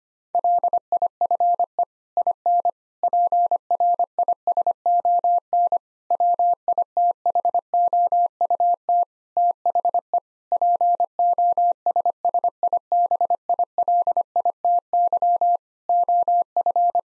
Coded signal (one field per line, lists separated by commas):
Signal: Morse code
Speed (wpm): 25 wpm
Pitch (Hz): 700 Hz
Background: none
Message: LIFE IN PRISON WITHOUT THE POSSIBILITY OF